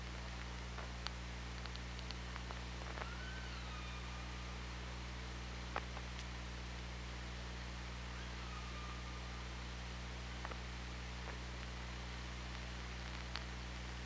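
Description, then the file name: Killer whale calls, a descending tonal call with harmonics and a later flat drawn-out note, mixed with irregular clicks over constant underwater background noise. OrcaLab hydrophone, 24 August 2017. "Orca Lab UTLN JASON 20170824"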